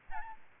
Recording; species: mosquito wingbeat signal from an infrared sensor; Aedes albopictus